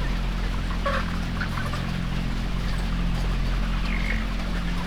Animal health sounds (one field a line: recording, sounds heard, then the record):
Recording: poultry house recording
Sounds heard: healthy chickens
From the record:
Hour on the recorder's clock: 15